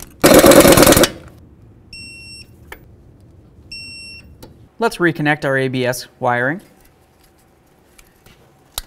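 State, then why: Seated. A plastic ABS wheel-speed sensor wiring connector from the front ABS sensor of a 2009–2013 Mazda 3 is pushed into its mating vehicle harness plug. A loud burst of broadband noise opens the clip, followed by two short high tonal beeps and someone talking. The connector then seats with a sharp click at 8.8 s.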